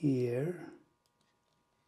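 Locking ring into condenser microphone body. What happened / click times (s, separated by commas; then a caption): Part handled but not yet seated; no seating click / none. A locking ring is being fitted into the body of an AKG C451 condenser microphone during reassembly. Someone talks briefly over the first 0.8 seconds, followed by near silence with a few faint ticks. Nothing has seated or clicked yet.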